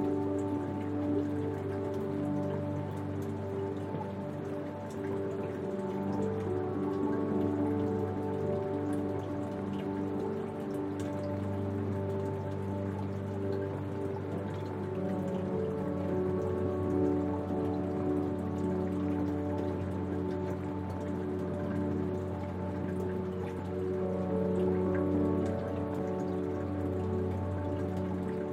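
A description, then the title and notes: Steady rain patters against a window, a dense, even hiss of small drops throughout. Beneath it, soft piano notes ring out and overlap in a slow, sustained loop, mostly in the low and middle range, with the overall level holding constant from start to finish. Rain On Your Window. Calming sound of rain hitting your window at night with a peaceful piano loop.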